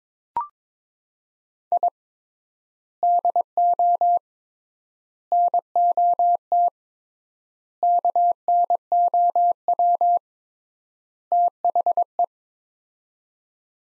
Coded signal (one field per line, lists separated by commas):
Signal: Morse code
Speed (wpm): 22 wpm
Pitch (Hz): 700 Hz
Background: none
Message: I DO NOT KNOW THE